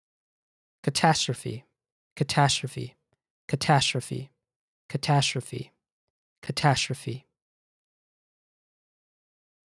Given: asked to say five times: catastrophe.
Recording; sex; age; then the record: repeated word; male; 20 to 29 years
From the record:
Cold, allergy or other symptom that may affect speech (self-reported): no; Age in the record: 26 years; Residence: Virginia, United States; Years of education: 16